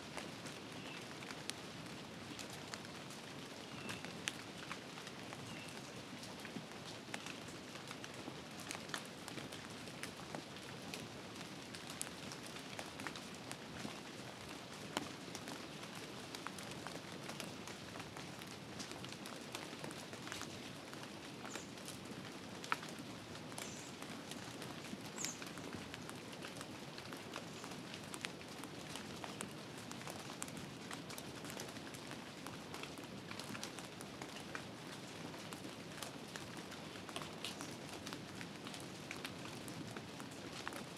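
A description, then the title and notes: Heavy rain falls steadily in a forest, a dense, even hiss that barely changes across the whole stretch. Countless drops patter and tick on leaves and surfaces, with a low rumbling wash underneath and no pauses or other sounds breaking through. Heavy Rain forest by Cozy Window Ambience.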